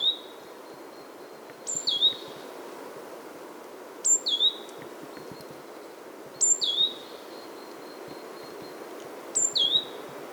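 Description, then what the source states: Coal tit singing: a high, bright phrase, a thin piercing note followed by lower notes, repeated roughly every two to three seconds above quiet outdoor hiss. Displaying male in full song beside a remote forest lake at Kulaträsk, Värmdö, Sweden, late February at the end of winter.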